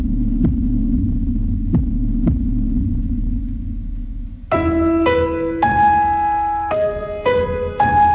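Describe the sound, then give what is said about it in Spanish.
Slow, deep heartbeat thumps pulse over a low droning hum, roughly one beat a second, before bright electronic tones take over in a stepping melodic pattern. “suenan los latidos de la patria grande.”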